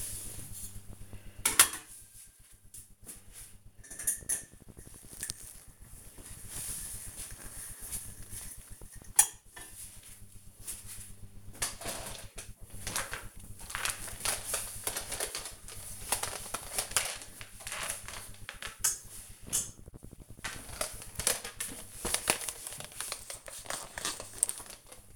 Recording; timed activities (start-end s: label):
household activities, microphone on the right wrist
0.00-25.16 s: cleaning out the dishwasher